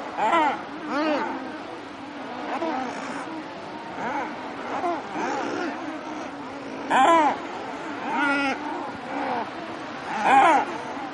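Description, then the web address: Thick-billed murres uttering groaning, rolling calls, with several loud, arched growls standing out from a softer chorus of many birds. "earth naturelibrary assets t th thick-billed murre"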